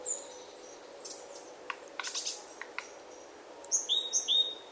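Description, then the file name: Great tit song: quick paired notes, high then lower, after a stretch of faint chips and soft background hiss. "Parus major"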